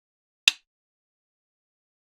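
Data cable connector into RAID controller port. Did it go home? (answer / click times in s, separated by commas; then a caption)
yes / 0.5 s. A data cable connector is pushed into port A on the back of a Dell PowerEdge R750 server's RAID controller card, making a single sharp, bright click at 0.5 seconds. The click rings briefly and is followed by silence, and the connector is seated.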